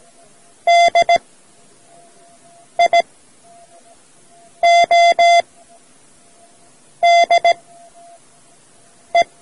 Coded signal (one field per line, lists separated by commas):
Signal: Morse code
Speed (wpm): 17 wpm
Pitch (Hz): 690 Hz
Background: none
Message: DIODE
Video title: Learning Morse Code: Part-I from Amateur Radio Society of India's audio cassette